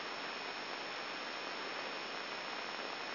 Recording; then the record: brain microelectrode recording played as sound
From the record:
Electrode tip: inside the subthalamic nucleus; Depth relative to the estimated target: 1 mm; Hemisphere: left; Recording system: AlphaMap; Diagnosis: Parkinson's disease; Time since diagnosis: 14 years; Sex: male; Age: 66 years